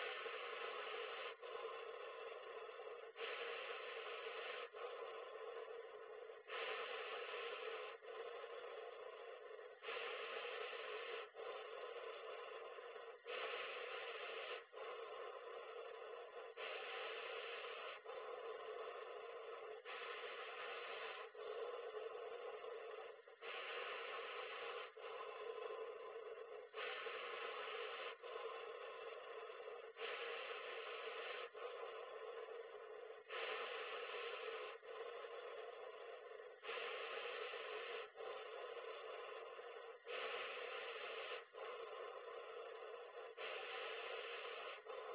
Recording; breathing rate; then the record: paced breathing near a phone; 18 breaths a minute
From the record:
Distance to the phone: 40 cm